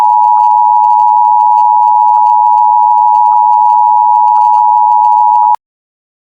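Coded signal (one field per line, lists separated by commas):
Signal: Emergency Alert System (SAME) tones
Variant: 853 and 960 Hz attention tone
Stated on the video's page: Fictional alternate-world scenario made with EAS Maker.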